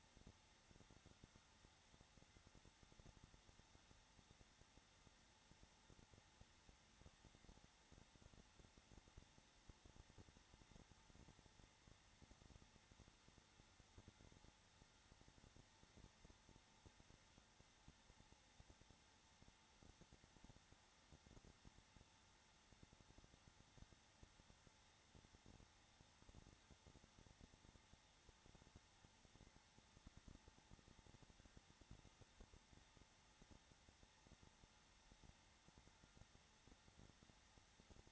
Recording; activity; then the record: daily activity, microphone in the room; no activity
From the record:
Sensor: 3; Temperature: 21.3 degrees Celsius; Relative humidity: 33.3%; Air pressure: 994.5 hPa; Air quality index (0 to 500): 168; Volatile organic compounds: 3 ppm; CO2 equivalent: 1460 ppm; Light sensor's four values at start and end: 2/3/2/2 and 2/3/2/2